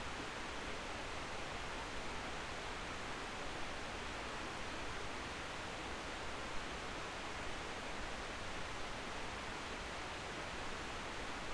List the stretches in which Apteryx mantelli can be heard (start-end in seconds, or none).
none